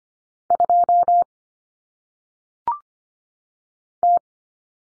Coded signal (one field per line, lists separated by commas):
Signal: Morse code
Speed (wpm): 25 wpm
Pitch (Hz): 700 Hz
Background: none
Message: 2 T